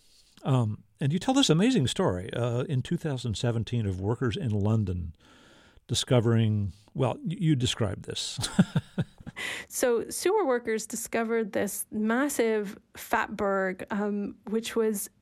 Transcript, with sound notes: And you tell this amazing story, in 2017, of workers in London discovering - well, you describe this. (Laughter).
So sewer workers discovered this massive fatberg, which was